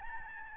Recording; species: mosquito wingbeat signal from an infrared sensor; Aedes albopictus